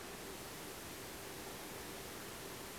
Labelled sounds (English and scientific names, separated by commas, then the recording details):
none
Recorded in France